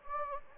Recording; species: mosquito wingbeat signal from an infrared sensor; Anopheles gambiae